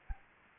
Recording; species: mosquito wingbeat signal from an infrared sensor; Anopheles arabiensis